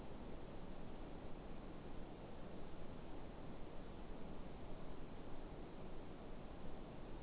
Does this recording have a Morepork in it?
no